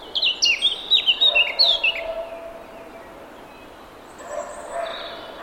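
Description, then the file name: Eurasian blackcap song: a quick two-second burst of clear, fluty, downslurred notes, then fainter sounds in the background. "Sylvia atricapilla"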